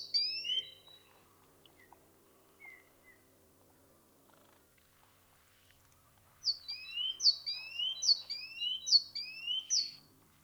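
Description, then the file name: Great tit singing: a brief opening of paired notes, scattered soft chips, then a long rapid run of two-note phrases. "Parus major"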